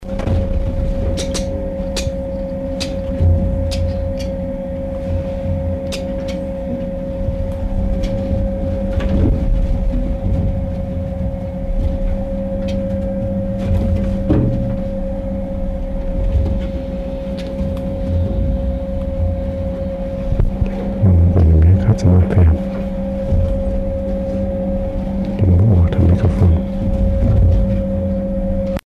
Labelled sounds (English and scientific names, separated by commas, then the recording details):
Green Monkey (Chlorocebus sabaeus) call
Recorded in captivity
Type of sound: call
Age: juvenile
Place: Zoo Rostock, Mecklenburg-Vorpommern, DE
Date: 1975-12-05 11:45
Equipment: Uher CR 210, Sennheiser MD 421, Verstärker, Kopie Unitra ZK 246
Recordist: Tembrock, Günter
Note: Beschrieben als Grüne Meerkatze (Cercopithecus aethiops sabaeus): Jungtiere. Abwehr gegen Beobachter. Abstand 50 cm